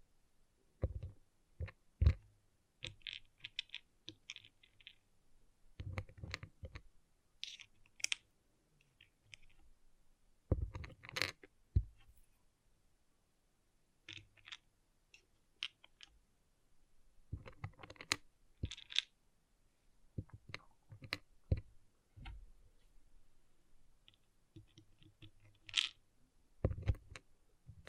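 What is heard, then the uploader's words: Small plastic pixel art beads click and rattle in irregular bursts, with sharp taps bunched together and brief quiet gaps between. Some moments bring a quick bright clatter of many beads at once, while single crisp clicks land every second or so. ASMR Relaxing Pixel Art Beads ( No Talking).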